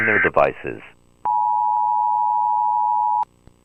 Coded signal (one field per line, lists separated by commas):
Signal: Emergency Alert System (SAME) tones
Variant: 853 and 960 Hz attention tone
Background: speech